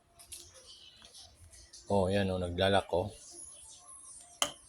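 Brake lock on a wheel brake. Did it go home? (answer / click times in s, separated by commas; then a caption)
yes / 4.4 s. A brake lock on a wheel brake, possibly a parking-brake lock lever, is pushed by hand while someone talks. A sharp click sounds at 4.4 s as the lock catches, and the brake is locked and firm.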